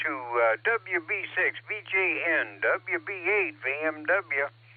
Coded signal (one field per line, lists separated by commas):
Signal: Emergency Alert System (SAME) tones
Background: speech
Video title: Barometer Net sponsored by Silvercreek Amateur Radio Assoc. 147.39+ repeater 114.8 PL 7AM, 6-1-26